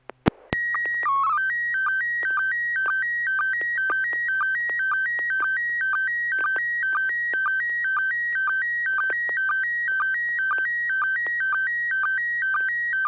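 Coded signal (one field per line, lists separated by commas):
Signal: SSTV (slow-scan television)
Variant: PD 120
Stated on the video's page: SSTV net on an FM repeater at 441.30 MHz, pictures sent with MMSSTV software.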